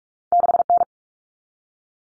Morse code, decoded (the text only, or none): 6N